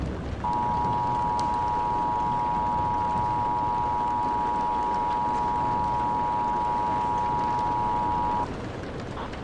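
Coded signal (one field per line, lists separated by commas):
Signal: Emergency Alert System (SAME) tones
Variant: 853 and 960 Hz attention tone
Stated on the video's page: Fictional EAS mock set during a thunderstorm, not a real alert.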